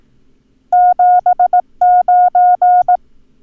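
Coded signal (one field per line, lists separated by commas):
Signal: Morse code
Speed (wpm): 18 wpm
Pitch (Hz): 720 Hz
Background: none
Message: 79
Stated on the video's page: Morse code lesson teaching the numbers 9 and 0 for ham radio use.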